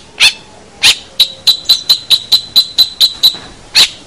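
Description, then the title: Bird giving sharp, high chip notes, about a dozen clipped calls in quick, slightly uneven succession. "Kicau Burung Yoi"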